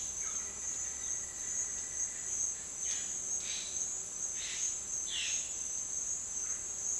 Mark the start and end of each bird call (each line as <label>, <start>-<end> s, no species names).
bird call, 0.07-2.41 s
bird call, 2.81-5.55 s
bird call, 6.30-7.00 s